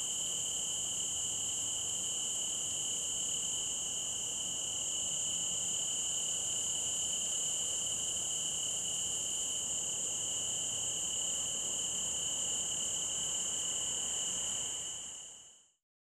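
Cicada giving a continuous, even, high-pitched whine that holds steady without pauses, then fades out at the end.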